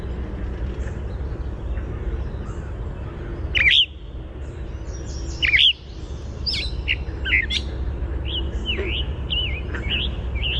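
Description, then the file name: Gray catbird song: a string of varied, squeaky and slurred phrases, some rising and some falling, over steady low rumbling background noise. "GRCA song"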